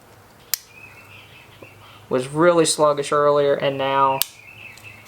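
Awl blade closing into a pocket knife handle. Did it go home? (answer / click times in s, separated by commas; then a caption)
yes / 0.5 s. After cleaning, the steel awl of a multi-tool pocket knife is closed into its handle and snaps shut against its backspring with a sharp snap at 0.5 s. The awl was sluggish before cleaning and now closes cleanly. Someone talks afterward.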